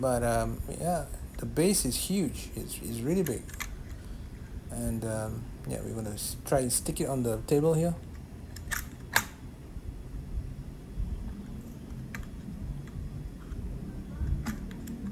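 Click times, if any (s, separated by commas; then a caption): none. Someone talks while handling the wide suction-cup base of a Kakusiga KSC-1498 car phone holder, placing it on a table surface to stick it down. After the talking stops, there are quiet rustling handling sounds with a few short, sharp ticks. The suction cup's lock lever has not clicked home yet, so nothing has seated.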